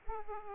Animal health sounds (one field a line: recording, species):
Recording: mosquito wingbeat signal from an infrared sensor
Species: Aedes aegypti